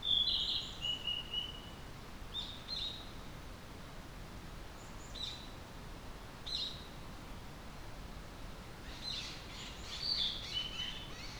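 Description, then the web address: Tit giving short, high chips and twittering notes, scattered at irregular intervals over constant background hiss. Recorded at Kotori no Mori on 30 April 2022. "kotorinomori 220430 kotori no tit alley 20220430"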